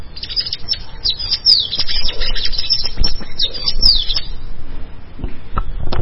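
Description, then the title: Bird chirps in a busy run of high, rapid tweets during the first four seconds, then scattered notes, with low background rumble and a few knocks. "LuckyPassaro Completos2Sama"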